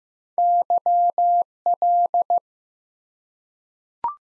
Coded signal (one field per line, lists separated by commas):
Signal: Morse code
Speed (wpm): 15 wpm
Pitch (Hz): 700 Hz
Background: none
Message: YL